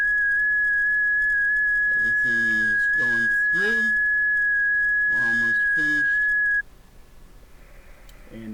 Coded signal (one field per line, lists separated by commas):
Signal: FT8